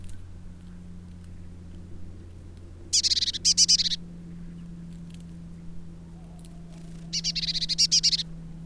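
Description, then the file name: Eurasian blue tit giving churring calls: two brief bursts of rapid, high, buzzy notes about four seconds apart, over a steady low hum. "Cyanistes caeruleus"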